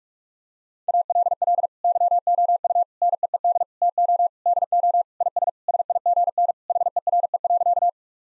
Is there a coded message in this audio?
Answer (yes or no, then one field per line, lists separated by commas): yes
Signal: Morse code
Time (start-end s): 0.9-7.9 s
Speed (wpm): 46 wpm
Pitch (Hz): 700 Hz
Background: none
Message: ALL YOU NEED TO DO IS SIGN HERE.